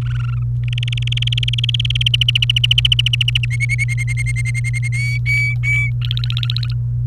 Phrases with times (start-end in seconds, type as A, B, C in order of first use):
0.01-0.43 A, 0.63-2.08 B, 2.14-3.45 C, 3.51-4.88 D, 4.92-5.91 E, 6.01-6.74 F